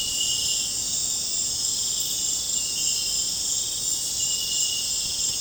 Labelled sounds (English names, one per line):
none